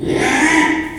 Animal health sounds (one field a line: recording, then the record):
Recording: squeal of a Yucatan mini pig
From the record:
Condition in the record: after surgery on the right vocal fold (resection and tissue-engineered implant)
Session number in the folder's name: 3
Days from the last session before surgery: 33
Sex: male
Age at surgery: 12 weeks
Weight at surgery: 13 kg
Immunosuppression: cyclosporine, prednisolone